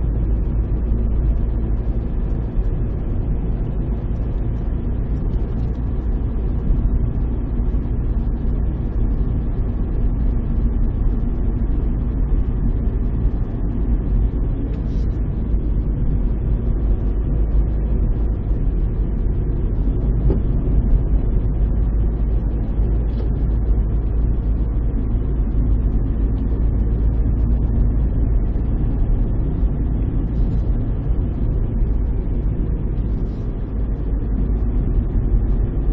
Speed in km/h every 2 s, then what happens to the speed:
41, 43, 44, 43, 43, 43, 43, 47, 41, 41, 42, 42, 39, 41, 42, 40, 40, 39.
0-36 steady at about 42.